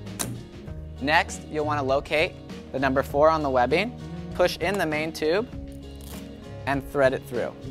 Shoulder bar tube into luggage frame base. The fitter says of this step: listen for that click